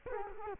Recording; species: mosquito wingbeat signal from an infrared sensor; Culex quinquefasciatus